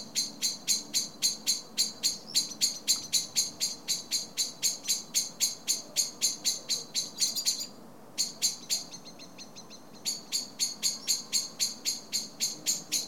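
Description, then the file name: Common blackbird call: long, rapid series of metallic chinks, briefly interrupted and then resumed at a similar fast, even pace. "Turdus merula"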